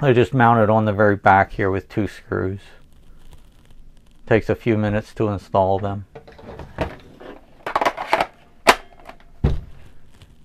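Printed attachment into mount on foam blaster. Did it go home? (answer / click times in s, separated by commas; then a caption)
yes / 8.7 s. Someone talks while a printed plastic drop leg holster attachment is pushed onto a mount screwed with two screws to the very back of a Stryfe foam blaster. A few plastic knocks and clicks sound from about 6.8 s, and the loudest sharp click at 8.7 s is the attachment locking into the mount, where it stays in place and won't come out.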